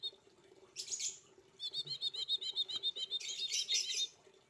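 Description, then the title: Streaked spiderhunter song: a harsh burst followed by a rapid rhythmic string of high chirping notes, ending in a dense buzzy rattle. Training recording for cage birds; actively singing, clear, long song. "Pijantung Gunung Gacor Jernih Panjang"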